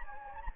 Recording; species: mosquito wingbeat signal from an infrared sensor; Anopheles gambiae